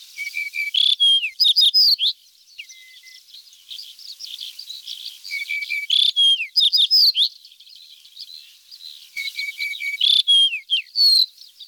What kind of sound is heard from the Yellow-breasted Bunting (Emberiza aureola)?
song